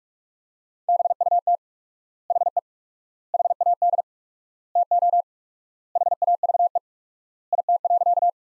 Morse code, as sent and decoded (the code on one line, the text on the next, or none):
-... ..- - / .... . / .... .- -.. / - --- / .... .- ...- . / .. - .-.-.-
BUT HE HAD TO HAVE IT.